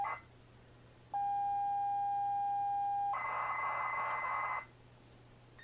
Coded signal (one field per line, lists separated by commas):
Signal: ZX Spectrum tape loading